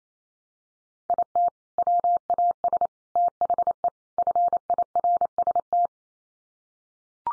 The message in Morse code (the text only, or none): IT WAS THE FIRST